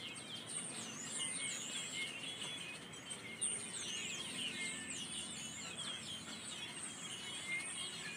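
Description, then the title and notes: Birds chirping busily, sharp rising and falling notes repeated in quick bursts. Birds chattering in December sunshine after rain. "Minute Escapes: Birds After the Rain. The December sunshine warming up your skin, the chitter-chatter of the ecstatic birds"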